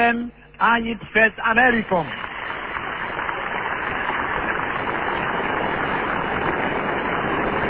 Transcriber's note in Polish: długie oklaski